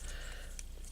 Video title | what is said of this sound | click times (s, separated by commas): Transformers Studio Series 10 Jazz | like these are supposed to clip in yeah these do clip in you | 0.6 s